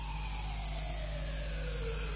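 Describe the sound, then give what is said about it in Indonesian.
A fire engine siren wails with a steadily falling pitch over a constant low engine rumble, loud and unbroken, with no voices. “Jadi pemadam kebakaran itu salah satu contoh bahwa manusia itu pada hakikatnya adalah kanak-kanak.”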